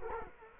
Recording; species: mosquito wingbeat signal from an infrared sensor; Culex quinquefasciatus